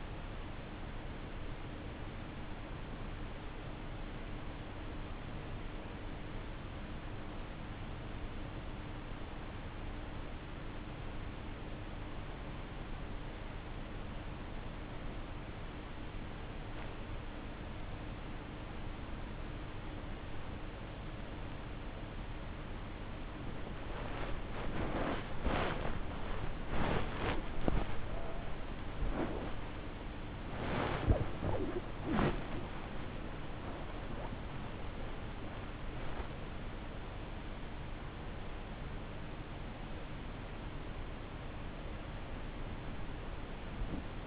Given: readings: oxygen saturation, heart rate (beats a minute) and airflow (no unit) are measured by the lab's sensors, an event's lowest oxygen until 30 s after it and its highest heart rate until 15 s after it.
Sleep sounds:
a person awake in a sleep study, by a voice recorder at the bedside; 1
3.00-30.10 s: hypopnea (N1, oxygen 95% highest, then 95% lowest)
22.00-44.27 s: new sleep stage, awake
23.00-44.27 s: awake
From the record:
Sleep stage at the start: N1 (lightest sleep); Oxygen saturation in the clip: 94 to 96%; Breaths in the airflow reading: 10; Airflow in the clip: -9.1 to 7.3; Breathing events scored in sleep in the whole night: 304 in 5.6 hours asleep

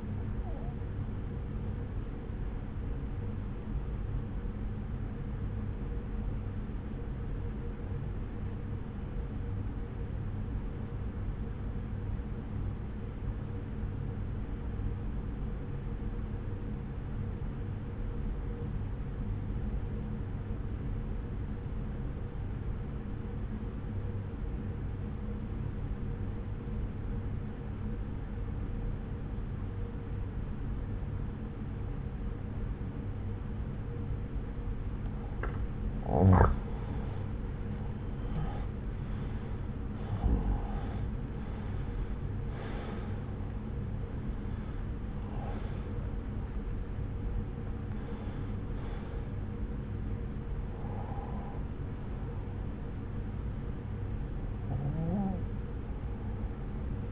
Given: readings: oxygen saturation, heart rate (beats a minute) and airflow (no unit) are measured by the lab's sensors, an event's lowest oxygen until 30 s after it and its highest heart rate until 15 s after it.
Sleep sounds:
breathing in sleep by a smartphone at the bedside; 1
5.00-37.70 s: obstructive apnea (N1, oxygen 96% highest, then 84% lowest, heart rate 59 at the start, 74 highest)
From the record:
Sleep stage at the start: N1 (lightest sleep); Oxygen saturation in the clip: 86 to 96%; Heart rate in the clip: 58 to 74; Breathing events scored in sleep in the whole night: 303 in 8.1 hours asleep

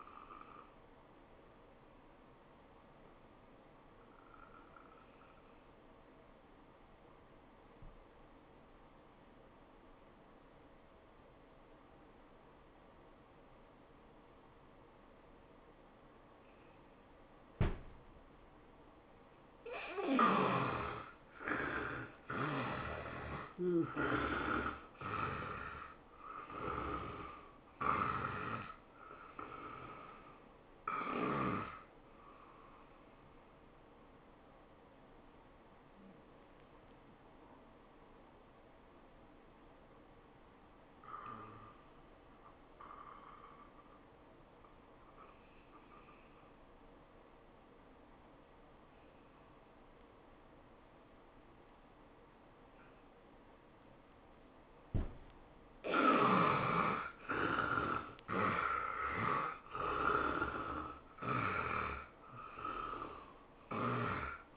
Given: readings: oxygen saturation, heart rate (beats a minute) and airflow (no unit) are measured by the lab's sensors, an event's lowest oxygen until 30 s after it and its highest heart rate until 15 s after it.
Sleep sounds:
breathing in sleep by a voice recorder at the bedside; 2
6.00-18.00 s: obstructive apnea (N1, oxygen 97% highest, then 76% lowest, heart rate 85 at the start, 99 highest)
35.00-56.10 s: hypopnea (N1, oxygen 97% highest, then 72% lowest, heart rate 92 at the start, 103 highest)
From the record:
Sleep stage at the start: N1 (lightest sleep); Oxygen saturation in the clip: 74 to 97%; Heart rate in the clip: 79 to 101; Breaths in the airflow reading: 12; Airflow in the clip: -14.3 to 11.8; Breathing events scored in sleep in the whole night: 403 in 5.5 hours asleep

